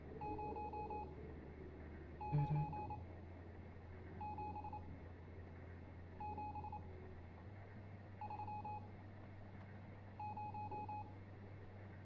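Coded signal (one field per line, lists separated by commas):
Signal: Morse code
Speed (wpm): 27 wpm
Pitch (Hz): 840 Hz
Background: none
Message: 0 97730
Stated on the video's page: Morse code heard in the game Stories Untold during a full playthrough.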